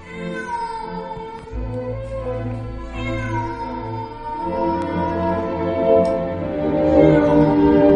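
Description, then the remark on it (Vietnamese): A black cat, staring toward a village, yowls eerily in long, drawn-out wavering cries, loud and continuous, its pitch sliding and rising toward the end, with no talking. “Rồi nó cũng quắc mắt nhìn về phía ngôi làng mà kêu lên những tiếng lạnh lẽo đến rợn cả người.”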